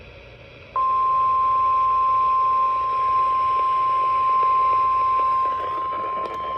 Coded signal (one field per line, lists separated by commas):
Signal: Emergency Alert System (SAME) tones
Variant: 1050 Hz attention tone